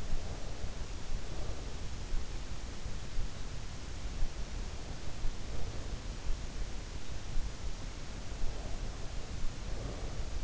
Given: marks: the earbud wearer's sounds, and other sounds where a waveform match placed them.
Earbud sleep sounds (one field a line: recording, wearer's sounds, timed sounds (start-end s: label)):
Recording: sounds in sleep by an in-ear microphone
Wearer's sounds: breath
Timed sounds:
0.00-2.09 s: breath
8.21-10.43 s: breath